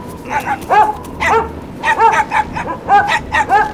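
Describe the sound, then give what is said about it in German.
A small dog yaps and whines in a string of quick, high-pitched bursts, its yelps rising and falling in pitch with short pauses between them. “Schau nur ihren Hund an. Der ist doch ganz anders als unsere.”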